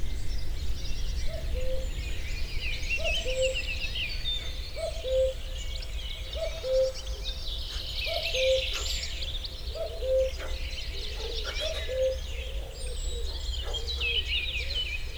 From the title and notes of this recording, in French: Un voyage au coeur de la châtaigneraie au fil des quatre saisons. Un jeu entre les paysages sonores et les sons liés à la pratique de la castanéiculture.